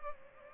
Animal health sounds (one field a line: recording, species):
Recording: mosquito wingbeat signal from an infrared sensor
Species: Culex pipiens